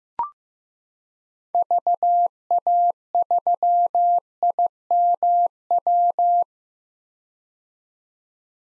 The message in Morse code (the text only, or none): VA3IMW